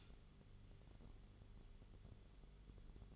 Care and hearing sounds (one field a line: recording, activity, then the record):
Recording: daily activity, microphone in the room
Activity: light on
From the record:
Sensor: 4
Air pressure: 1008.6 hPa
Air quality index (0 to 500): 95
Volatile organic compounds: 1 ppm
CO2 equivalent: 714 ppm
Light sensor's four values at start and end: 13/29/12/11 and 13/31/12/12